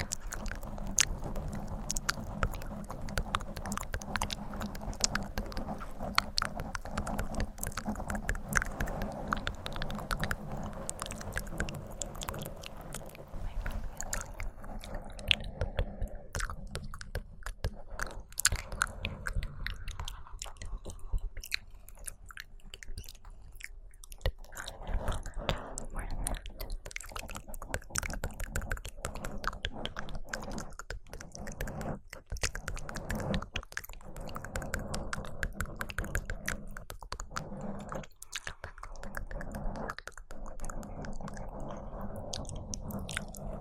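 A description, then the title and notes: Wet mouth sounds and dense scratching against a microphone run throughout, thinning into sparser clicks and taps midway before filling back in. Mic Scratching Mouth Sounds.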